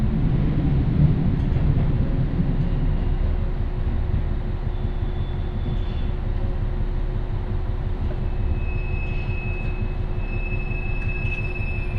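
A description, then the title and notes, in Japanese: A train of the Ibara Railway rolls along with a steady low rumble and dense rattling that holds even throughout. A thin constant tone sits above the roar, and from about eight seconds a higher whine joins it and persists to the end. 井原鉄道 道上→神辺→備中呉妹。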